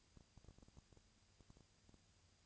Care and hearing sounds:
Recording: daily activity, microphone in the room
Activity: no activity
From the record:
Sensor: 2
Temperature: 20.1 degrees Celsius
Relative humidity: 35.5%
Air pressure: 996.7 hPa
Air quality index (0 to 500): 198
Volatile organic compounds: 30 ppm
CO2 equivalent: 2959 ppm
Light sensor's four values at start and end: 2/3/2/2 and 2/3/2/2

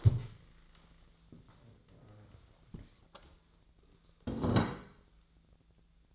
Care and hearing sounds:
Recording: daily activity, microphone in the room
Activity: stand up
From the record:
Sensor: 3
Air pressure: 1000.4 hPa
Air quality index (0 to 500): 171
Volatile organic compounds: 3 ppm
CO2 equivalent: 1490 ppm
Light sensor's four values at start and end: 14/31/13/14 and 13/31/13/14

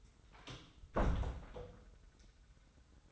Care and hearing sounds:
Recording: daily activity, microphone in the room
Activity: close door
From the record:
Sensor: 3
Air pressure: 990.4 hPa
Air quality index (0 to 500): 173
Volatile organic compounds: 1000 ppm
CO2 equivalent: 5600 ppm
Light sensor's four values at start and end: 48/114/46/44 and 48/114/46/44

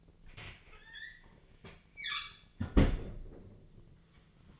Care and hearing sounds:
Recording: daily activity, microphone in the room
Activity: close fridge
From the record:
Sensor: 4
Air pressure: 1010.5 hPa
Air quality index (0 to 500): 178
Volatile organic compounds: 5 ppm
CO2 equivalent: 1810 ppm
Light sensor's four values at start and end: 26/80/31/31 and 32/95/37/37

